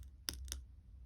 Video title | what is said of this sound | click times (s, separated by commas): DIY Tutorial: How to Create Stunning Chain Links with Twisted Half Round Wire - Beginner Friendly | hear that click | 0.3 s